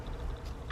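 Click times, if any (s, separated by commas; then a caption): none. The inner front brake pad of a 2009-2016 Volkswagen Tiguan is being handled, with its metal retaining clip tabs pushed toward the caliper piston over a low, steady rumble, and a brief handling noise at about 0.7 s. The clip ends before the part goes home, so nothing has seated or clicked into place yet.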